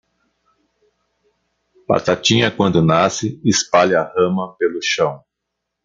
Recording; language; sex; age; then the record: short text; Brazilian Portuguese; male; 50 to 59 years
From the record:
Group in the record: control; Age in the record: 57 years